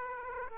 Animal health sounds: mosquito wingbeat signal from an infrared sensor; Aedes aegypti

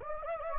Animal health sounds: mosquito wingbeat signal from an infrared sensor; Anopheles gambiae

